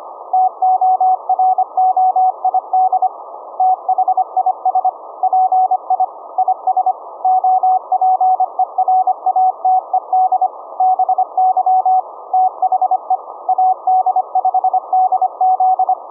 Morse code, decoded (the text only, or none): TOROID THIS PI IS OPERATED BY THE AD5DZ